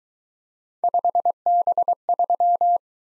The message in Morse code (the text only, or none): 5B3